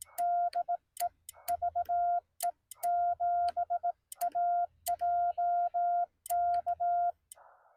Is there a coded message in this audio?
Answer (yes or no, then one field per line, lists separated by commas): yes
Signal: Morse code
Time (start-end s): 0.2-7.1 s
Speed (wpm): 17 wpm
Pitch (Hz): 690 Hz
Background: none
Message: DE VE7AJK